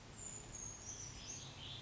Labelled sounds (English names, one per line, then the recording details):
Brown Creeper
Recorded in Sonoma County, California